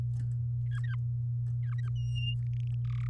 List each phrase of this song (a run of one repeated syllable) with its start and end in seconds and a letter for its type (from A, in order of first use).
0.70-0.95 A, 1.63-1.89 A, 1.95-2.34 B, 2.42-2.75 C, 2.85-3.07 D